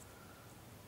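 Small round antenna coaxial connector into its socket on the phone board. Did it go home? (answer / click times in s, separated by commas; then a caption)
no / none. A small round antenna coaxial connector is handled over its socket on an iPhone 4 board during reassembly after a glass and LCD replacement. Only a faint, steady background hiss is heard, with no distinct click or transient. Nothing has seated or clicked yet.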